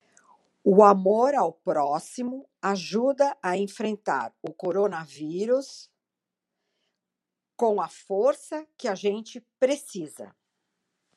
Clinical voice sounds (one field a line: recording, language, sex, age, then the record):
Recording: spoken sentence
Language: Brazilian Portuguese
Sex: female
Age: 70 to 79 years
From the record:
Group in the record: control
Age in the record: 70 years